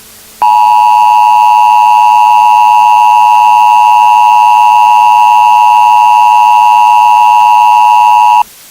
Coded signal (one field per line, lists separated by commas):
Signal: Emergency Alert System (SAME) tones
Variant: 853 and 960 Hz attention tone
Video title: Terror in the USA: An Uncut EAS Nuclear Attack Series [unissued]